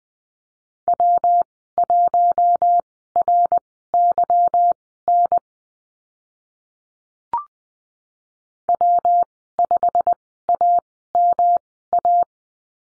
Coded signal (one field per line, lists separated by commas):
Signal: Morse code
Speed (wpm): 20 wpm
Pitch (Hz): 700 Hz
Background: none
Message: W1RYN W5AMA